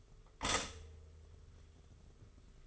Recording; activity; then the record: daily activity, microphone in the room; stop toaster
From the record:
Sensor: 4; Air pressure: 991.5 hPa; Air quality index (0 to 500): 136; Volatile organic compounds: 54 ppm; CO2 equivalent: 3341 ppm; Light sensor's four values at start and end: 17/54/20/20 and 17/55/21/20